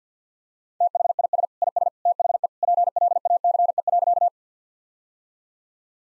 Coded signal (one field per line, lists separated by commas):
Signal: Morse code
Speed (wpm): 50 wpm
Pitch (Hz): 700 Hz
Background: none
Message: THIS IS THE PLACE.